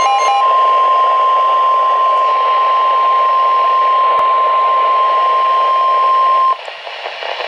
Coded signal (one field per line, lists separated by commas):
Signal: Emergency Alert System (SAME) tones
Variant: 1050 Hz attention tone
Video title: The Rest of the Alerts from May 27, 2015 (EAS #1,387 - 1,394)